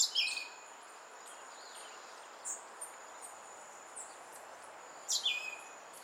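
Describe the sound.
Western red-legged thrush calls twice, about five seconds apart, each a high squeal dropping sharply in pitch, with an insect's steady high whine behind.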